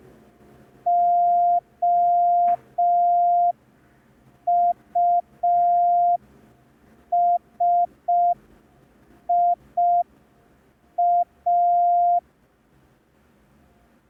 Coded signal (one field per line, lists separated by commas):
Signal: Morse code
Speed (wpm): 5 wpm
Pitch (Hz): 700 Hz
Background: none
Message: OUSIA